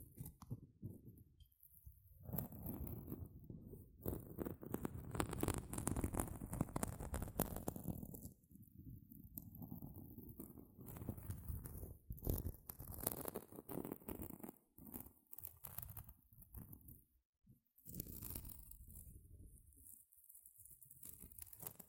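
Gentle scratching, made up of dense rapid strokes with a soft, low rustle under a faint high hiss. The scratching comes in bursts of a few seconds each, separated by brief quieter gaps near 2, 8, 12, 15 and 17.5 seconds.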